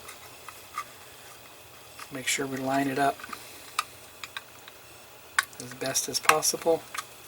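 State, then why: Not seated. A plastic or metal insert for the Agora Models 1:8 scale Shelby GT500 Super Snake kit (Pack 2, stage 10) is lined up and press-fitted into the rear body assembly of the model car while someone talks. Several short, sharp ticks and small handling taps come through the quiet room. The part has not seated or clicked into place yet.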